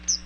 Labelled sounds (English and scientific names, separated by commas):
Chestnut-sided Warbler (Setophaga pensylvanica) flight call